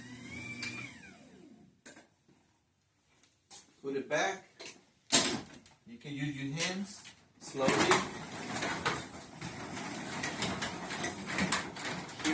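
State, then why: Seated. Someone talks while a released garage door is pushed back by hand, slowly, producing a broad rolling rumble from about 7.5 s onward. The garage door opener's trolley carriage latches back onto the opener rail with a click at 12.3 s, re-engaging it.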